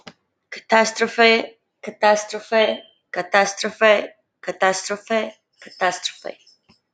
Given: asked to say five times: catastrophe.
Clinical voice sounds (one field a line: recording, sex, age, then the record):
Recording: repeated word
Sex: female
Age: 20 to 29 years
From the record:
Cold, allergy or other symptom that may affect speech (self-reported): no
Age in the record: 22 years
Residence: Alabama, United States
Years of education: 12